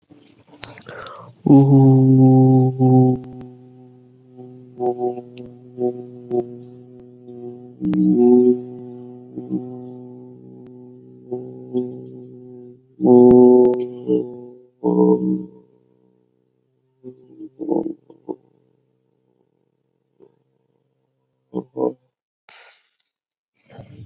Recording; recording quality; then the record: sustained vowel as in boot; excellent, no background noise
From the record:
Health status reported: COVID-19 positive, no symptoms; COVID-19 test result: positive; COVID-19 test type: RT-PCR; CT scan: not taken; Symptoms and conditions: fatigue, muscle pain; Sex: male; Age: 23 years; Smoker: yes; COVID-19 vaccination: both doses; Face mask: not worn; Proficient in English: yes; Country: India